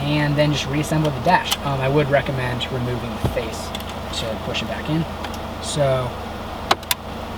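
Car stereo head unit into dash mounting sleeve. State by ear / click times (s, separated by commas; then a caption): seated / 6.7 s, 6.9 s. An aftermarket Sony CDXGT360MP car stereo head unit, with its face removed, is pushed back into its dash mounting sleeve while someone talks. Its latches give two sharp clicks at 6.7 s and 6.9 s, and the stereo is locked in place.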